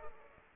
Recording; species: mosquito wingbeat signal from an infrared sensor; Culex pipiens